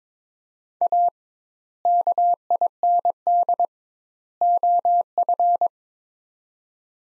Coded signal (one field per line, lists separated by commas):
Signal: Morse code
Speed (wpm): 22 wpm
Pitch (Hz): 700 Hz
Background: none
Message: A KIND OF